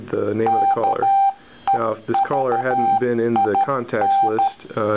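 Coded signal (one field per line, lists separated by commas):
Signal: Morse code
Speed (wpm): 13 wpm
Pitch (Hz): 790 Hz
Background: speech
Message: KEVIN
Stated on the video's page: Morse code Android ringtone that spells the caller's name, or their number if they are not in the contacts.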